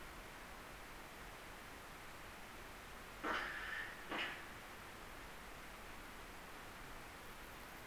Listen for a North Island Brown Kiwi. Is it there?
no